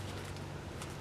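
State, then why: Seated. A snap fastener on the inner phone pocket of a Dooney and Bourke European leather hobo handbag (The Sophie) is pressed shut after a phone is put into the pocket. Over a steady low background, a short, sharp snap is heard at 0.8 s. The fastener closes and seats.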